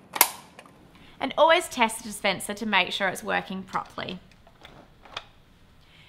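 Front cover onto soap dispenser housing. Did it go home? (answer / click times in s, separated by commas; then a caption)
yes / 0.2 s. The plastic front cover of a manual soap dispenser is snapped shut onto the housing after the soap pod is loaded, giving a loud, sharp snap at 0.2 s and showing that it has seated. Someone then talks, and a few faint clicks follow near the end.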